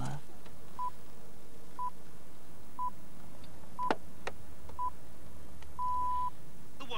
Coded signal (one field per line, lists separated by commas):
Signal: radio time signal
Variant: time pips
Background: speech